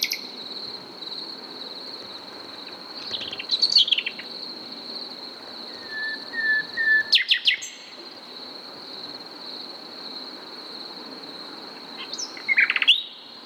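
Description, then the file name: Common nightingale song, brief phrases including a run of low repeated notes and a buzzy burst, with long gaps filled by a constant high insect hum. "Luscinia megarhynchos"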